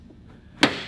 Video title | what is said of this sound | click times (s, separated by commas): Building a BMW M5 Wagon - Exterior Conversion | there you go look at that and it pops off quite easily so | 0.6 s